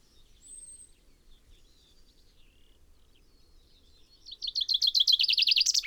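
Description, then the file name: Common chaffinch: a few faint high notes, then one loud song phrase of rapidly repeated notes. "Fringilla coelebs"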